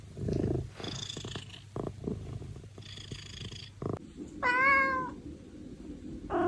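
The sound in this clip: Maine Coon cat purring, then giving one drawn-out meow, with scattered soft knocks and handling noises around it.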